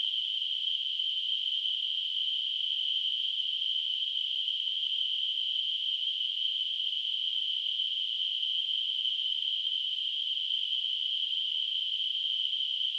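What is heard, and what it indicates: Simulated tinnitus: a steady, high-pitched hissing ring concentrated in a narrow band near 3 kHz, continuous and unchanging throughout, with no low-frequency sound.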